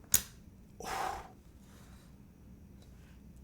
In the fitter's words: look at this satisfying click right here